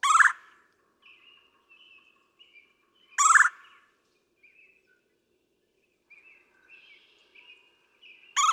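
Red-bellied woodpecker, a rough trilled churr repeated three times at irregular gaps, while thin high whistles from other birds fill the quiet stretches.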